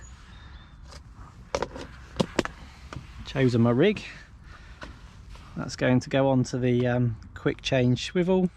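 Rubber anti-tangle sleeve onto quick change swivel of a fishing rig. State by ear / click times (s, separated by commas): not seated / none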